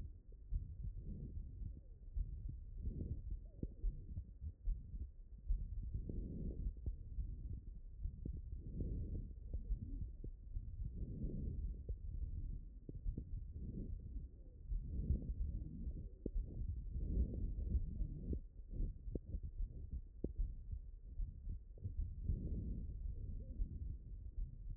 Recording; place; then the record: heart sounds by stethoscope; pulmonary valve (PV)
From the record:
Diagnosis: non-HFrEF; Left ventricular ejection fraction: 69%